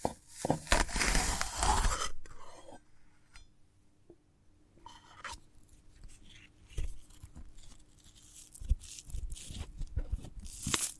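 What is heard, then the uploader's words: A sprouted coconut is being handled and broken open, with a burst of crunchy, tearing noise in the first two seconds. After that come quieter scattered clicks, scrapes and soft taps, with brief bright crackles near five seconds and again at the end. A faint low hum runs underneath throughout. ASMR of a Sprouted Coconut (No Talking).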